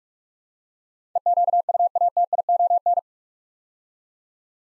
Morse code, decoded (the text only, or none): EQUATION